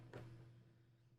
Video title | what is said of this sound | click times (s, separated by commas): Dreame Bot L10 Pro Robot Vacuum Cleaner and Mop Review // DreameTech | once we have it lined up just gently press it in place you can see it snapped right in and now we have successfully installed | 0.1 s